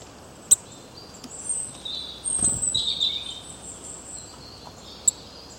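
Birds chirp in a brief cluster of high, quick twittering notes midway, with two sharp clicks and a quiet hiss around them.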